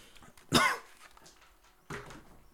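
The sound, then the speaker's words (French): Two coughs about a second and a half apart, the first loud, harsh and raspy, the second shorter and a little softer, with quiet background between them and no talking. “Pardon, je tousse aussi.”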